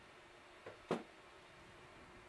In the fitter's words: make sure that it locks in place you'll kind of feel it pop in there and then you'll feel